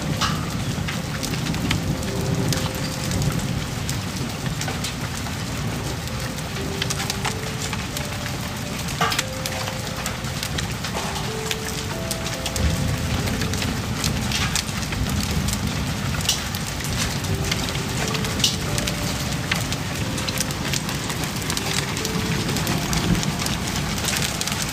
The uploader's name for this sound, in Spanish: Sonido de lluvia real aviéntales, aves y tren